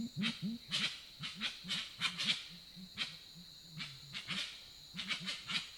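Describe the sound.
Grey-winged trumpeter calling in quick, low hooting bursts, briefly drawn into a sustained deep note, among frequent sharp clicks and high hiss.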